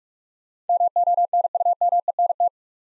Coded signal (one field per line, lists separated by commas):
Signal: Morse code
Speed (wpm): 42 wpm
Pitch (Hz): 700 Hz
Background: none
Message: MONUMENT